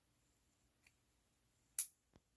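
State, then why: Seated. An interchangeable knitting needle tip is re-locked onto its cable joint, seating with a firm click at 1.8 s. A faint tick comes just before at 0.9 s and a low thud follows around 2.2 s, and the joint locks into place.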